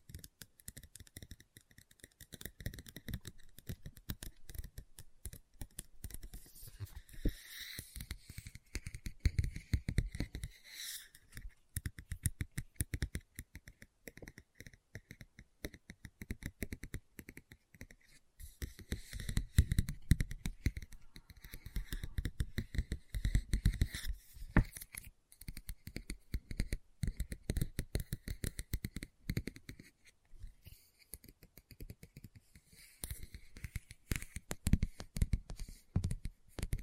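Fingers tap and scratch on a book in a dense, uneven stream of small clicks and rasps that continues through the whole recording. Low thuds swell in bursts around 8–11, 18–24 and 32–36 seconds, and a faint whistle-like tone sits steadily behind.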